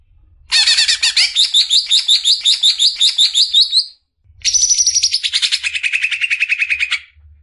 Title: mster Mnuk. MASTERAN CUCAK IJO NGEKEK PANJANG COCOK BAGI YANG MAU TARUNG KICAU